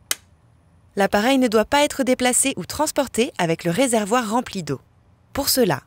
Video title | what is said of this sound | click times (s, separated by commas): Ta Vivo 45 LS® / Vivo 45® en vidéo | Placez délicatement le réservoir dans son emplacement jusqu'à entendre le clac. | 0.1 s